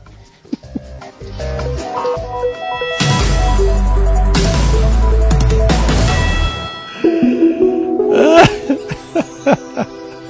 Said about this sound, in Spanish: Ay, tengo una tos, pero que me dan risa. Es que hay una tos que produce risa, ¿sabe?